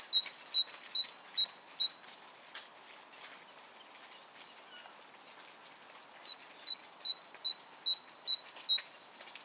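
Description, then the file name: Great tit with repeated high-low two-note phrases, a few seconds of quiet, then another fast run of the same phrases. "Parus major"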